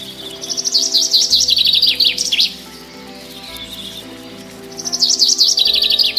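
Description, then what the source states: Common Chaffinch song: two rapid trilled phrases separated by a pause, the second cut off at the end. Described as the most numerous bird in Europe.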